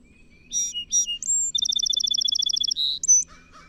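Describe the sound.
Song sparrow song: two bold notes, a whistled slur, a long rapid trill of repeated notes, a buzz and a final sharp note.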